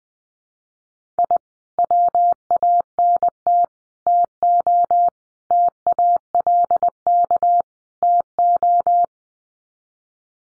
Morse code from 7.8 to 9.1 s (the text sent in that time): TO